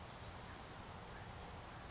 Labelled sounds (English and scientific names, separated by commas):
California Towhee (Melozone crissalis)